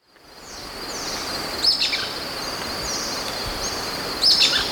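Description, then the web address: Golden-crowned flycatcher uttering two brief squeaky high call bursts, partly covered by a constant shrill insect drone. Recorded in Ecuador. "Natures Songs S America Birds of Ecuador. Golden-Crowned Flycatcher"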